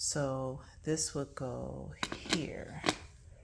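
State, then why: Not seated. A plastic mop pad cloth holder is handled and positioned over a ROPVACNIC robot vacuum, ready to be pressed in, while someone talks and a few faint handling knocks are heard. The clip ends before the holder snaps in, so nothing has seated or clicked yet.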